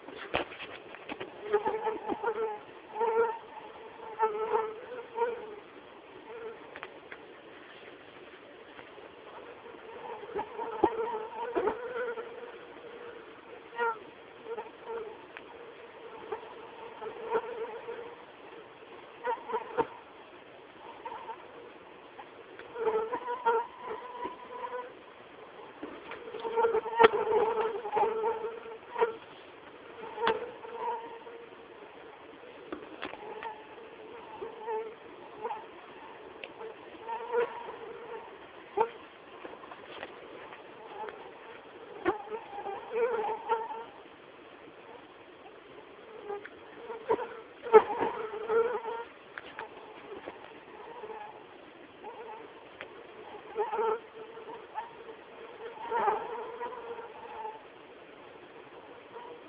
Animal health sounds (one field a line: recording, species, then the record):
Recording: mosquito flight sound by mobile phone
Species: Anopheles atroparvus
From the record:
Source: CDC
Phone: Samsung T209